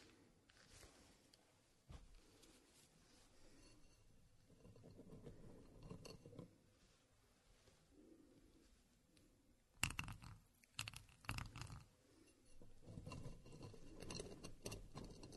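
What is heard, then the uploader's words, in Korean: Walnuts are ground by hand, giving a rough, grating crunch that comes and goes in uneven stretches. Around ten to eleven seconds a burst of sharp, brittle clinks and cracks rings out. Quieter scraping and rustling fill the gaps between. 호두를 직접 갈아보겠습니다. 손으로 직접 갈아먹는 호두.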